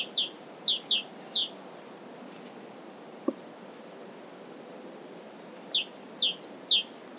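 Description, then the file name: Great tit song: bright two-note phrases, high then lower, repeated rapidly in a burst, a silent pause of several seconds, then another burst of the same see-saw pattern. "Parus major"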